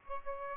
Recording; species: mosquito wingbeat signal from an infrared sensor; Aedes albopictus